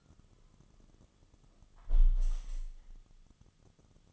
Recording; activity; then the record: daily activity, microphone in the room; close window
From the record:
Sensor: 4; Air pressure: 1005.6 hPa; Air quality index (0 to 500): 99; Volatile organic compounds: 2 ppm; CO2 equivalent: 1224 ppm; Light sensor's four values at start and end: 13/29/11/11 and 13/29/11/11